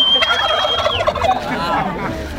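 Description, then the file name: Turkey gobble, a short throaty warbling burst, accompanied by a thin high whistle near the start. "dindon"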